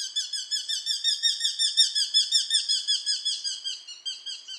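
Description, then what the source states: Eurasian Hobby giving a long, steady series of shrill, repeated notes, slightly wavering in pitch and fading at the end. Played for comparison with the kestrel; hobbies also scream shrilly, sounding similar to kestrels.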